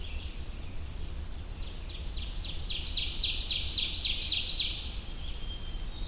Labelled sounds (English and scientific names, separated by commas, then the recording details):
Ovenbird (Seiurus aurocapilla) song
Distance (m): 25 m
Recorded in boreal forest in Alberta, Canada, on 21 June 2016 at 06:49
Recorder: SongMeter 3, array SBT-6-81
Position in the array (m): 51 m, 124 m
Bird 23